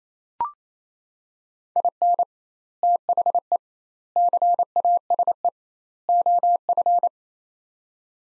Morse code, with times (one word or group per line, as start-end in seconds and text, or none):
1.8-2.2 IN
2.8-3.6 THE
4.2-5.5 CASE
6.1-7.1 OF